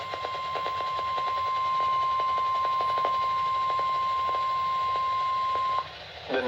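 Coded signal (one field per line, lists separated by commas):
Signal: Emergency Alert System (SAME) tones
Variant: 1050 Hz attention tone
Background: speech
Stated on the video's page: Severe thunderstorm warning issued by the National Weather Service for Montgomery and Harris counties, radar indicated.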